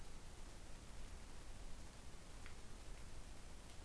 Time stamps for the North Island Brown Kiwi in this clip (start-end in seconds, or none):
none